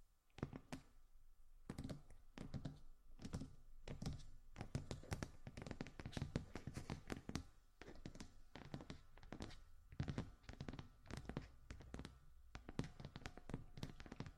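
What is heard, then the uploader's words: Aloe ear massage with dense, irregular soft thunks and taps, quick bursts of crinkly contact sounds over a faint steady hum. ASMR Aloe Ear Massage For Deepest Sleep in Your Life (No Talking).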